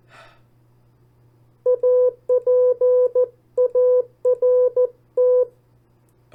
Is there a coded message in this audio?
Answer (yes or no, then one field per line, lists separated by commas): yes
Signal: Morse code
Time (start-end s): 1.7-5.4 s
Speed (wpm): 14 wpm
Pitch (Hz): 500 Hz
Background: none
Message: APART